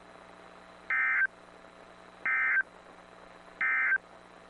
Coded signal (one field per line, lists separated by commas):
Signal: Emergency Alert System (SAME) tones